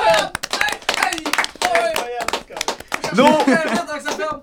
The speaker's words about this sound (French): Un petit applaudissement au public en délire. Public là. En délire!